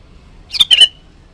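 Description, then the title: Sooty-headed bulbul delivering a single quick phrase of liquid notes, ending in a short trailing slur. "Kutilang"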